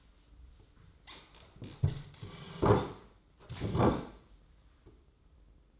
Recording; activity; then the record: daily activity, microphone in the room; sit down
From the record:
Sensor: 3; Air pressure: 996.0 hPa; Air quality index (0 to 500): 245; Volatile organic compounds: 1000 ppm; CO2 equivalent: 6256 ppm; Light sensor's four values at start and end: 36/86/38/41 and 38/93/41/44